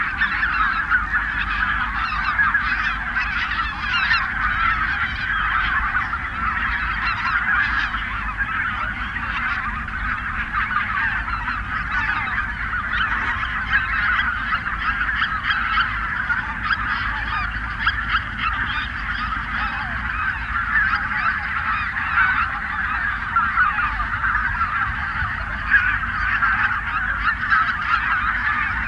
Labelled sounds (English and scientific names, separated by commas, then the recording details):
Greater White-fronted Goose (Anser albifrons) call
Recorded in the wild
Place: Zingst, Insel Kirr, Mecklenburg-Vorpommern, DE
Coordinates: 54.421, 12.709
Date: 1978-10-17 18:35
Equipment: Nagra III BH, Sennheiser MD 21, parabola
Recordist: Schubert, Michael